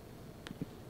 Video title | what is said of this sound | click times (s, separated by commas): New Rode Microphone Shock Mounts! SM3-R and SM4-R | Kudos Engineers over Road um it's pops right in nicely | 0.5 s